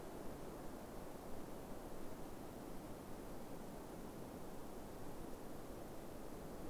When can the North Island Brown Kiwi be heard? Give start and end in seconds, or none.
none